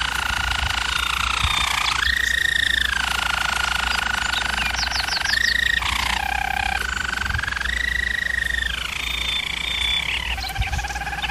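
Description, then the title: German Roller canary song, sustained whistled rolls that swell upward in pitch and drop back, with brief trilled passages between, over a faint steady hum. German Roller canary singing, for canary song training. "German Roller Canary Singing - Canary Training Vid"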